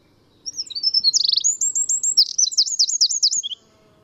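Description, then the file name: Eurasian wren song: a three-second rush of very high sharp notes and fast trills, energetic and loud, with faint low background noise. "Troglodytes troglodytes"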